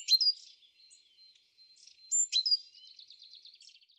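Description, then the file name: Great tit calls: a sharp high note, a thin whistle, then another sharp note leading into a short buzzy churr. "Parus major"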